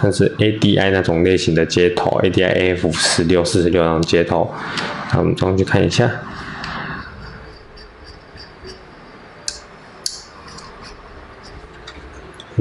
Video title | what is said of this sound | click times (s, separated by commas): AITOUCH AI-3000+ 雙頻手機開箱與基本介紹 I 青溪無線電-最值得信賴的專業優質無線電店家 I AITOUCH AI-3000+ 操作說明 I 計頻器 | 电池就这样直接卡上去，好， | 9.5 s, 10.1 s